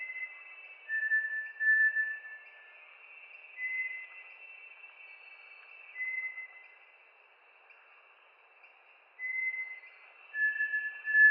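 Bartlett's tinamou uttering a few long, level whistled notes with pauses between them, over a continuous buzzing insect background.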